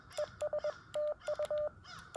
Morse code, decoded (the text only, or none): ES TU